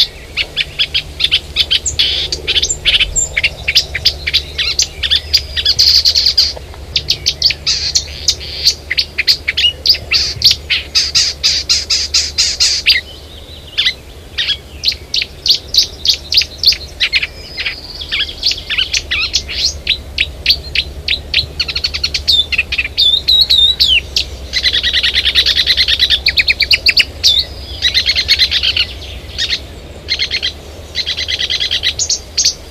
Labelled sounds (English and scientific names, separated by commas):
Marsh Warbler (Acrocephalus palustris) song